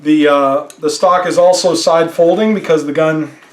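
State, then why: Not seated. A side-folding stock on an FN FNH SCAR 17 S rifle is handled toward its folded lock on the receiver, stiff because it has not been folded much, while someone talks throughout. The stock has not yet seated or clicked into its folded lock.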